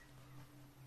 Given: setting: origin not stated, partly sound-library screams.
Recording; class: one-second piece from a danger detection set; normal situation